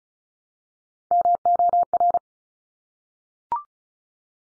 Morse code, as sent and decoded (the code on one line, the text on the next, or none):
-- --- .-.
MOR